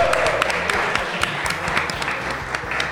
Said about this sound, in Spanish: Bienvenidos y bienvenidas al lanzamiento de Radio Nauta 2016. Unos aplausos ahí.